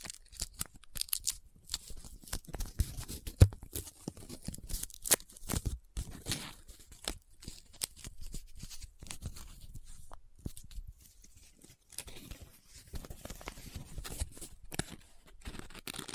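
Close up paper being handled: crinkling, rubbing and scratching in quick, irregular bursts. Sharp crackles cluster in the first six seconds, ease into softer rubbing around the middle, then pick up again near the end. Brief quiet gaps separate some strokes.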